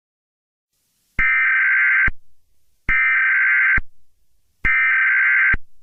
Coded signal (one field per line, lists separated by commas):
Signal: Emergency Alert System (SAME) tones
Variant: header bursts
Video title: EAS Scenario 3 (The Piggy Infection Outbreak)